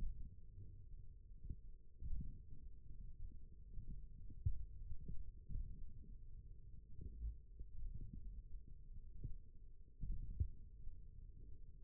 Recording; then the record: forearm muscle sounds (acoustic myography)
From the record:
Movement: thumb flexion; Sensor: system 1, eight BSWA MPA416 microphones around the upper forearm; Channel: 2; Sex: male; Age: 28 years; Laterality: right